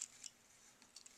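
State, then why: Not seated. The plastic hip piece of a Takara Transformers Armada Starscream transforming-jet toy is handled and pushed toward the torso during robot-mode transformation, where it should lock in and snap the head up. Light, high-pitched plastic ticks and rattles are heard, with the sharpest tick at 0.3 s and faint ones near 1.0 s. Nothing has seated or clicked into place yet.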